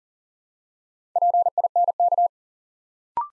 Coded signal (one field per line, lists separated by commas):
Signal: Morse code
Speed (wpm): 40 wpm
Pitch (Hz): 700 Hz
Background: none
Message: PINK